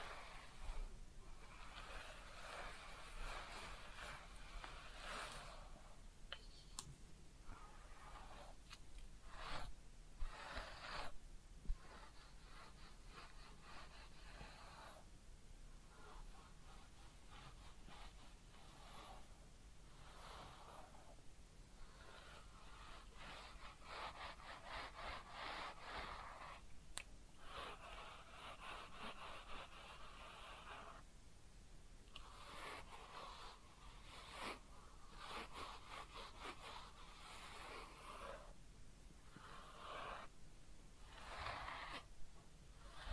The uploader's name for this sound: Real Head Massage and Ear Cleaning